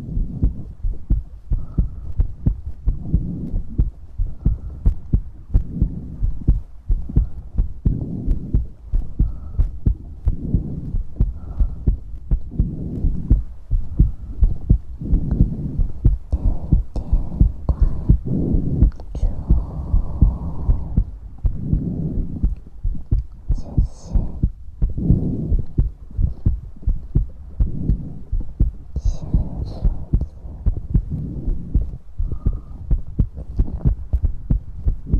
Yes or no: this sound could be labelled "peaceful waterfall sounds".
no